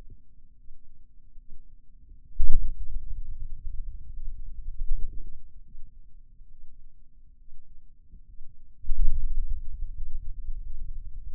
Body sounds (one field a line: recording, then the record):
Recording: forearm muscle sounds (acoustic myography)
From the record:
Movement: ulnar deviation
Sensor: system 2, bracelet of six BSWA MPA416 microphones around the upper forearm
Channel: 5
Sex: male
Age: 22 years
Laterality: right